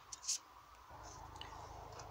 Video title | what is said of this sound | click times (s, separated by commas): Fiesta 2002-2014 how to install dash cam to fuse box simple guide | air are I feel two clicks open it's on little hinges little catches look you | 0.1 s, 1.4 s